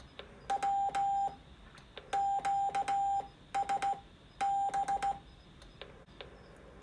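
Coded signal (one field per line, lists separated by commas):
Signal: Morse code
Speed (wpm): 16 wpm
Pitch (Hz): 790 Hz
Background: none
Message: W QSB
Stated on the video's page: CW contacts made with an extendable aluminium portable HF whip antenna.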